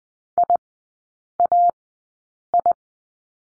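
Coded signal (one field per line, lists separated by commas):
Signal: Morse code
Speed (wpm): 20 wpm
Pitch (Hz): 700 Hz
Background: none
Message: IAI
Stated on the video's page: Morse code course lesson on the letter I, sent at Farnsworth speed of 20/10 wpm.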